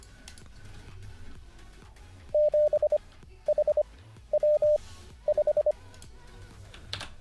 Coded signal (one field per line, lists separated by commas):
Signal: Morse code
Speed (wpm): 25 wpm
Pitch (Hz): 600 Hz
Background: music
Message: 7HW5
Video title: N0SSC Learns Morse Code (Day 49) [Livestream]